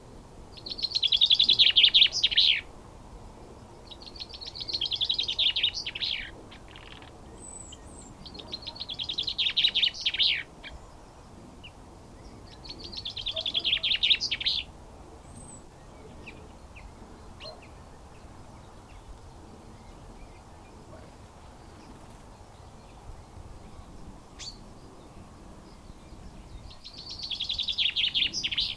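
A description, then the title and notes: A chaffinch sings its rattling, descending song in bright bursts of about two seconds, repeated roughly every four to five seconds, then pausing for a long stretch before one more phrase near the end. A steady low rumble of noise fills the background. CHAFFINCH SONG. Chaffinches (Fringilla coelebs).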